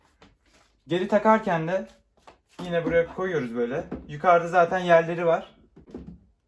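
The clear front cover of a wall-mounted model car display shelf is being put back into its slots at the top while someone talks, with a few faint soft handling knocks around 0.2, 0.5, 5.8 and 6.0 seconds. Nothing has seated or clicked yet; the clip ends just before the cover is lifted up and clicks into place.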